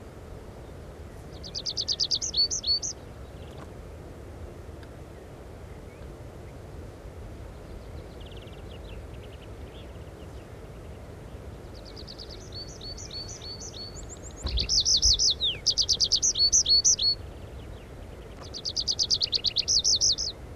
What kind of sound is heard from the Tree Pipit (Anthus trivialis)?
song